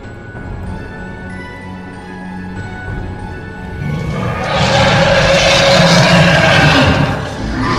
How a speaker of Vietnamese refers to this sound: Một hư ảnh bạch hổ ngửa mặt lên trời mà gầm thét đầy uy phong.